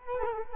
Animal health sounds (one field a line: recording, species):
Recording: mosquito wingbeat signal from an infrared sensor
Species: Culex quinquefasciatus